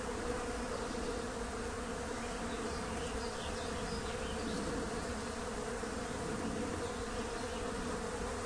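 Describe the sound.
Bees hum in a thick, unbroken drone.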